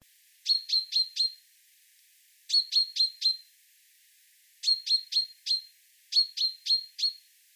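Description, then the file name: Common chaffinch calls: sharp, clipped metallic notes given in quick bursts of four, with four bursts separated by short pauses against a quiet background. "Fringilla coelebs"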